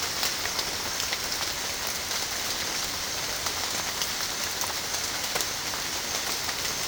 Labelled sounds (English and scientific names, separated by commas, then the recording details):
none
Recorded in pastures near Puerto Asís, Putumayo, Colombia, on 30 June 2025 at 16:30
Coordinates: 0.496, -76.326
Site GP01